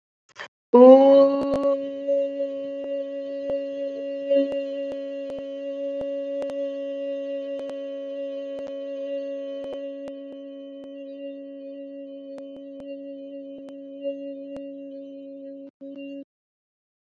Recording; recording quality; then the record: sustained vowel as in boot; moderate, slight background noise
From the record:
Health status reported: recovered from COVID-19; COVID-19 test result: positive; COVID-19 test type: RT-PCR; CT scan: not taken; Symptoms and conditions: none ticked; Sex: female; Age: 26 years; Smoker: no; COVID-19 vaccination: both doses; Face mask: not worn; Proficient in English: yes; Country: India